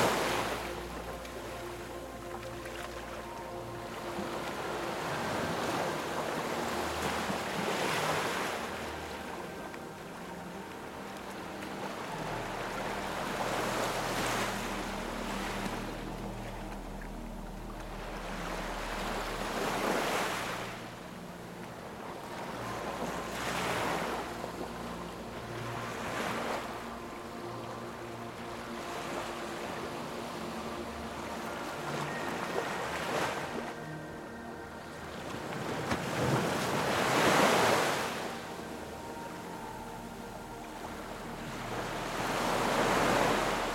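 Ocean waves wash in and break at fairly regular intervals, roughly every five to six seconds, each surge swelling into a bright hiss before fading. Underneath, soft sustained music holds long steady tones and a low drone throughout, blending evenly with the surf.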